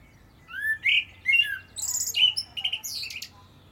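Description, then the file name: Common blackbird song phrase of mellow, slurred whistles, rising and falling, followed by a burst of higher, scratchy twittering notes. "Turdus merula"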